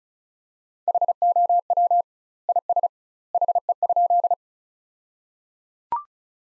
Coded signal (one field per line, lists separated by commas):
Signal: Morse code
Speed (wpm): 34 wpm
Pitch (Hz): 700 Hz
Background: none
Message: HOW IS HE?